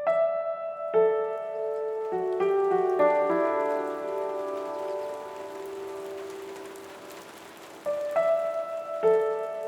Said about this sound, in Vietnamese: Làng Đông Xá, một buổi chiều muộn mùa đông. Cơn mưa dài dẳng, kéo dài mấy ngày qua, khiến cái lạnh bình thường đã như cắt da cắt thịt rồi, này lại càng thêm rét buốt.